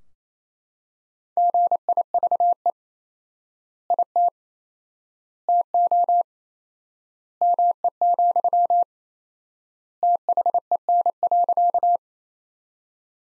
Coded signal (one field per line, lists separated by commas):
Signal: Morse code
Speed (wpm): 28 wpm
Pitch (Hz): 700 Hz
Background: none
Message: GIVE IT TO ME, THEN.